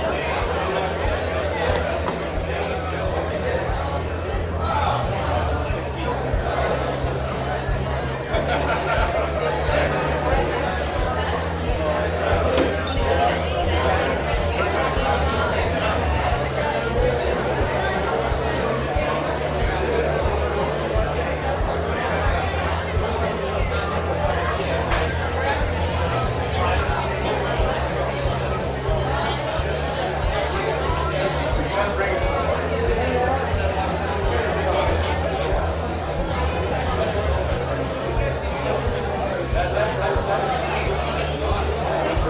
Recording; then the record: background sound without coughing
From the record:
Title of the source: CITY SOUNDS Busy Bar in the Evening Night - 2 HOURS of Ambiance for Relaxation